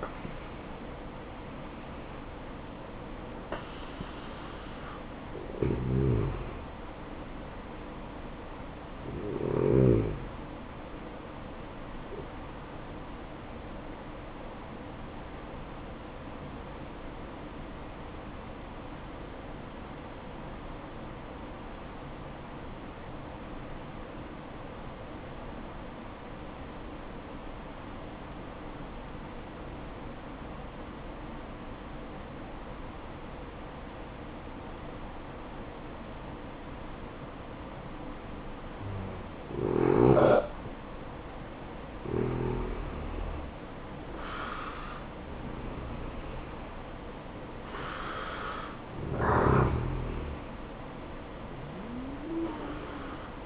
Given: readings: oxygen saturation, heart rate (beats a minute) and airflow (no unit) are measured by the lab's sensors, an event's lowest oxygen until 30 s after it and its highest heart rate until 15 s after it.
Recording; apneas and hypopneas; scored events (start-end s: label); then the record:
breathing in sleep by a voice recorder at the bedside; 1
10.00-40.00 s: new sleep stage, N2 (light sleep)
14.00-45.30 s: obstructive apnea (N2, oxygen 96% highest, then 89% lowest, heart rate 63 at the start, 64 highest)
40.00-53.46 s: new sleep stage, N1 (lightest sleep)
From the record:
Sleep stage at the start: N1 (lightest sleep); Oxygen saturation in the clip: 86 to 96%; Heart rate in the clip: 55 to 75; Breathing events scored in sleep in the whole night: 573 in 9.8 hours asleep